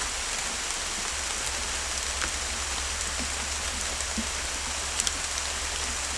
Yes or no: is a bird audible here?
no